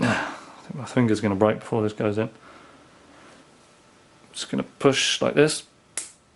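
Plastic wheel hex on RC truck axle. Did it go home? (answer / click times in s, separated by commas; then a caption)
yes / 6.0 s. Someone talks while pushing a plastic wheel hex back onto the axle of a Traxxas Stampede VXL RC truck by hand. A sharp, short click is heard at 6.0 s as the hex snaps into place, seated on the axle.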